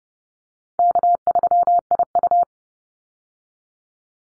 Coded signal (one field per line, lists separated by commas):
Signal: Morse code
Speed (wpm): 30 wpm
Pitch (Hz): 700 Hz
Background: none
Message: K3IU